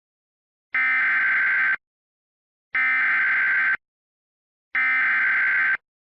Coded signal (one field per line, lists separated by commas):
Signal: Emergency Alert System (SAME) tones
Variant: header bursts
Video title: EAS Mock: SVR, Out of nowhere!